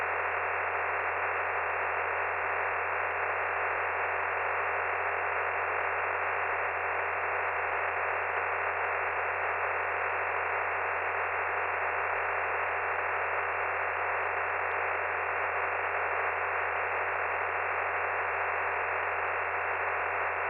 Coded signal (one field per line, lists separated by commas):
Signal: digital SSTV (DRM)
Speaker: just put it on tx if you want to send it